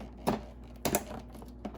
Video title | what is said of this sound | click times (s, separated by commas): A content creation and gaming pc build using a Ryzen 5 3600 and an Nvidia 1660 super. | you just put it down there until you hear a click yeah | 0.8 s, 0.9 s